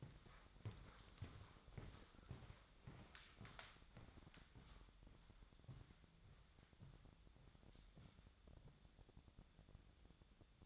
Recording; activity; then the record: daily activity, microphone in the room; walk to room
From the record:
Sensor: 3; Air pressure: 999.4 hPa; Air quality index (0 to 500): 195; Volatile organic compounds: 43 ppm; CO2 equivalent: 3189 ppm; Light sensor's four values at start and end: 8/19/7/7 and 8/19/8/7